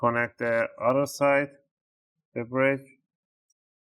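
During a display replacement on a Samsung Galaxy A13 4G (SM-A135F/M), the other end of the bridge flex cable connector is being brought to its socket on the phone board. Someone talks through most of the clip, followed by near silence with one very faint tick at 3.5 s. The connector has not seated or clicked in yet.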